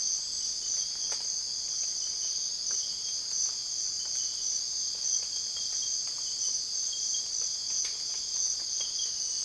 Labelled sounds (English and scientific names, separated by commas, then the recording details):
none
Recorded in dense forest near Puerto Asís, Putumayo, Colombia, on 20 December 2024 at 04:30
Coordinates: 0.482, -76.320
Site G021